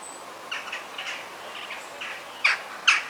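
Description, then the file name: Bird chirps: a short whistle opens, then soft repeated chirps build to two loud sharp notes near the end. Forest birds. "ASMR Sounds of the Forest - Soothing Bird Sounds"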